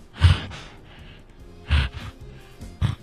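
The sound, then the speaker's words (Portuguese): A voice imitates an alligator breathing with three heavy, breathy bursts, like low hissing sighs or snorts, spaced about a second and a half apart, with quiet rasping breaths in between. “Esse é um jacaré respirando.”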